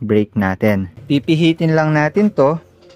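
Someone talks while handling the rear brake lever lock on the handlebar of a Honda Click V2 scooter, a latch that turns to hold the squeezed rear brake and lock the rear wheel. Only speech is heard, and the lock has not clicked on yet.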